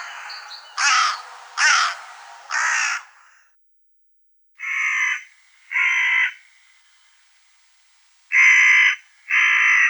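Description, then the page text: Hooded crow cawing: three rough, rasping caws, a pause, then two more and a final loud pair of harsh caws. "аудиоопределитель Б.Н. и О.Д. Вепринцевых) Серая ворона"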